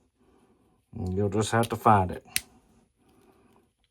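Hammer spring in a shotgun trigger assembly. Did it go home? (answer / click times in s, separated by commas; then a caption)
no / none. The hammer spring in the trigger assembly of a Winchester 1300 pump shotgun is being handled during reassembly while someone works to find the position where it locks. Someone talks from about 0.9 to 2.5 seconds, with a sharp tap near 2.4 seconds, followed by faint handling noises and small ticks near 3.6 and 3.8 seconds. Nothing has seated or clicked into place yet.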